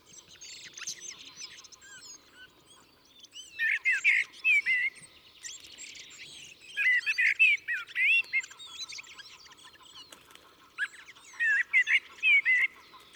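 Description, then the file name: Common blackbird song of fluted whistled notes and scratchy high twitters in repeated phrases, with other birds chirping faintly behind. "Turdus merula"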